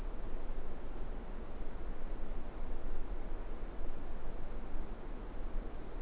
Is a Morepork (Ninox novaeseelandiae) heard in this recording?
no